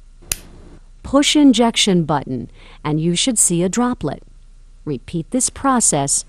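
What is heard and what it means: The dosage knob of a plastic Follistim AQ hormone injector pen is turned to its first setting to prime the needle, and it clicks into position with one sharp click at 0.3 s. Someone then talks.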